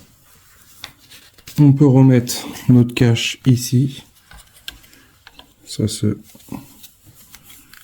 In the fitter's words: Ça se clipse.